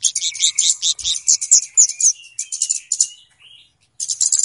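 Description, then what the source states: Flowerpecker song: rapid, very high ticking and clicking notes in dense bursts, with a thin sliding whistle beneath, a short pause, then more ticks. Flowerpecker song described as clear, used as a lure for trapping birds.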